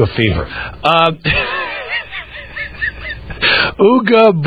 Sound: laughter